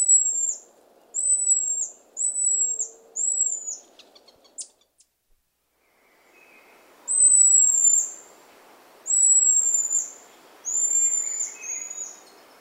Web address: Nature Songs S America Primates of the Rainforest Buffy-headed marmoset